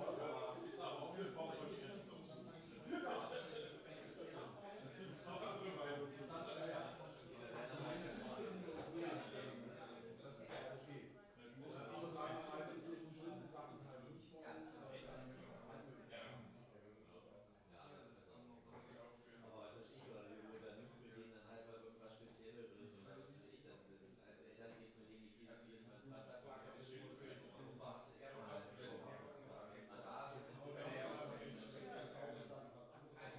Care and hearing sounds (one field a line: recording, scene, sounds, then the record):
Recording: everyday scene through a hearing-aid microphone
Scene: many people talking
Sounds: many voices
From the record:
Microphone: in the ear canal, left